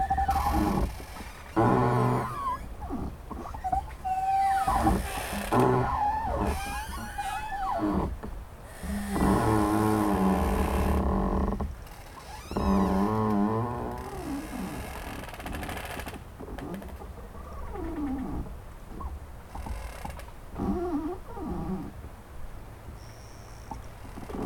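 Trees creak and groan in the wind, with drawn-out squeaky moans that bend in pitch, recurring every few seconds over steady, gusting wind noise.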